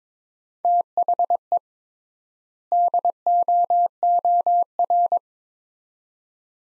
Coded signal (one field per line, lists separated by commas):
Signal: Morse code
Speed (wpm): 22 wpm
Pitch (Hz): 700 Hz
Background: none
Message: THE DOOR